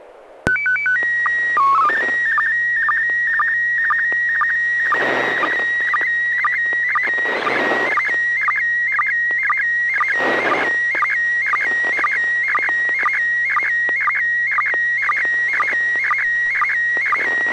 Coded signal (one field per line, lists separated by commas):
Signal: SSTV (slow-scan television)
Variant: PD 120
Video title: N6NA SSTV Net - 09/28/2022